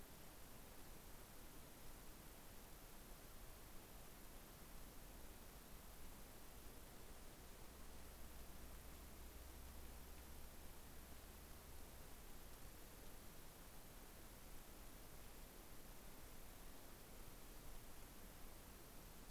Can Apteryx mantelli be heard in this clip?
no